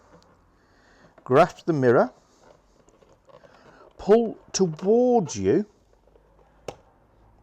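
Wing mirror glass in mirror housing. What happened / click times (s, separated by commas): The plastic retaining clip let go with a click / 6.7 s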